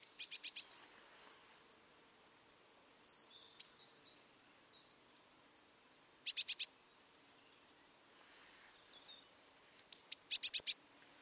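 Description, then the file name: Eurasian blue tit giving short bursts of rapid, very high notes, four to eight per burst, several seconds apart, with an occasional single thin note in otherwise quiet surroundings. "Cyanistes caeruleus"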